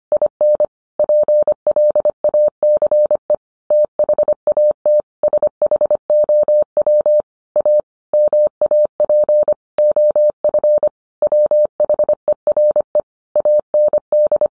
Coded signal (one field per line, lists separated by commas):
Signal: Morse code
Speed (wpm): 25 wpm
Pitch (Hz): 600 Hz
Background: none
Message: IN PLACE THAT SHOW A MAP OF WHERE AND